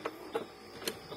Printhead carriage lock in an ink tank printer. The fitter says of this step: yun so naka-lock na siya yung naka-unlimited